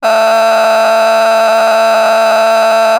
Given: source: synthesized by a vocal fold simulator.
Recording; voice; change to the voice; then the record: sustained vowel; female; a random mix of aspiration noise, stiffness perturbation and strain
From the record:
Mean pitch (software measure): 223 Hz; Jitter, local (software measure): 2.90%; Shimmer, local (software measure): 7.7%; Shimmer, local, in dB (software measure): 0.68 dB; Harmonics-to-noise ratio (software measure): 10.8 dB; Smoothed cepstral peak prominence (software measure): 12.5 dB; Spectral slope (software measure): -17.1 dB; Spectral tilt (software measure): -7.9 dB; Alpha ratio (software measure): -7.6 dB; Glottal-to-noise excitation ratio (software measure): 0.910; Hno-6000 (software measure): 1.6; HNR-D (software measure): 31.6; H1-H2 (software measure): -2.1 dB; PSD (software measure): 1.1e-04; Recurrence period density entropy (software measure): 0.124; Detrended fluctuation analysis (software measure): 0.0089